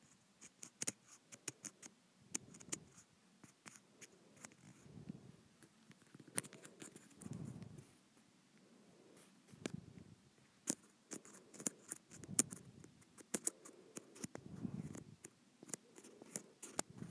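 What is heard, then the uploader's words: A textured plastic surface is scratched in repeated strokes, each one a rough, low rasping burst lasting about a second, coming roughly every two seconds. Sharp, bright clicks and ticks scatter throughout, some loud, between and over the strokes. ASMR Scratching a Textured Plastic.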